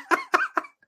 She got COVID while she was gone for the weekend. She's still like in semi quarantine right now. Her occasionally coughing up a lung in the background.